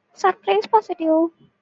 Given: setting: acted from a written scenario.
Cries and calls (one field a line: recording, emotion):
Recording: vocal sound without words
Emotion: positive surprise